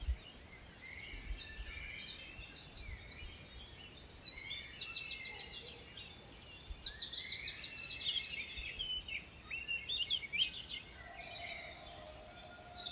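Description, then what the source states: Bird: dawn chorus of several birds: rapid repeated trills, sweet whistles and chirps overlapping, with a steady lower whistled tone toward the end. Birdsong recorded in the Ardèche at 6 a.m.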